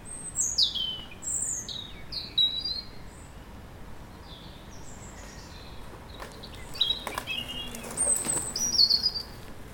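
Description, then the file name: European robin song: high, thin phrases of sweet whistles and falling slurred notes, separated by pauses, over a soft steady background hiss. "Erithacus rubecula"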